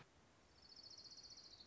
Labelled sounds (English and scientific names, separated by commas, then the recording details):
Orange-crowned Warbler (Leiothlypis celata)
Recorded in Sonoma County, California